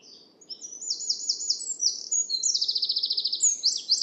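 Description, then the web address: Bird song of rapid high phrases: slurred whistled notes and repeated buzzy trills, continuous and energetic throughout. "cianscape birddata Deverinetal 2025 File origin Bird Only More Classes"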